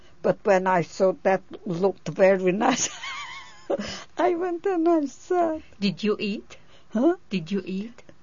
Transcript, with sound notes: But when I saw that, it looked very nice. ( she laughs ) I went and I saw it.
Did you eat?
Huh?
Did you eat?